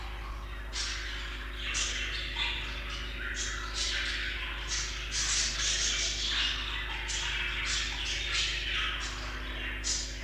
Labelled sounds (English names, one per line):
Budgerigar call